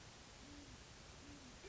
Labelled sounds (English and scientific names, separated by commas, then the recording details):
Great Horned Owl (Bubo virginianus)
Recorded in Sonoma County, California